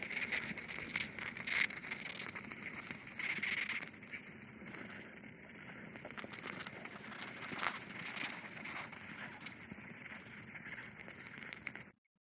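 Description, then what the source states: Ant nest sounds, a dense, steady patter of tiny crackles and clicks with brief louder ticking bursts, stopping abruptly at the end. Recorded at an ant's nest in an allotment (community garden), using microphones that capture sounds not ordinarily audible to the naked ear.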